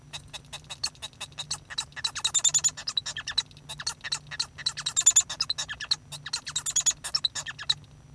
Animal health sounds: song of a male Bengalese finch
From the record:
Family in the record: son of father 1

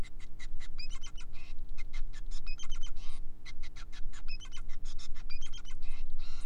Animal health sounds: song of a male Bengalese finch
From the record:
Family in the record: son of father 5

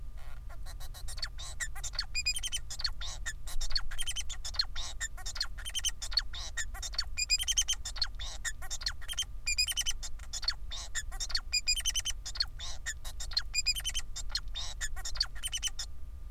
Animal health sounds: song of a male Bengalese finch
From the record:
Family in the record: son of father 4

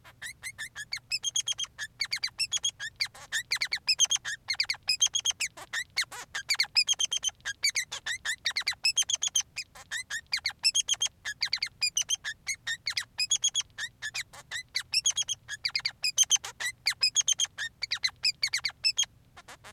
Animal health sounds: song of a male Bengalese finch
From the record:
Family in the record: son of father 3

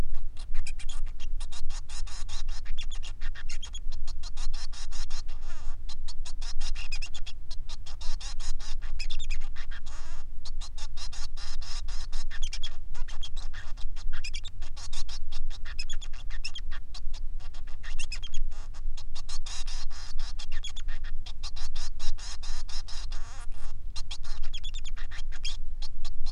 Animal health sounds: song of a male Bengalese finch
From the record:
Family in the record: son of father 3

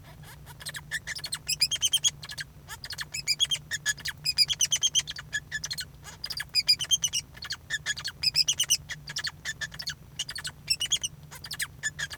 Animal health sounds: song of a male Bengalese finch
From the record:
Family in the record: son of father 2

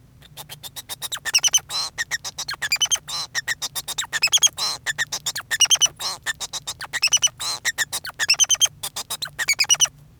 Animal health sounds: song of a male Bengalese finch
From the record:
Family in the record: son of father 2

